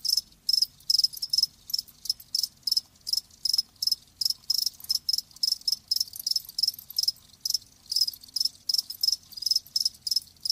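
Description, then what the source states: Cricket chirps in short, regular high bursts, several per second. Live crickets chirping, a lulling song.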